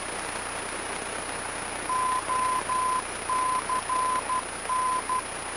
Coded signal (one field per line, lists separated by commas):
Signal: Morse code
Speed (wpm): 13 wpm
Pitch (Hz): 1020 Hz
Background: none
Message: OCN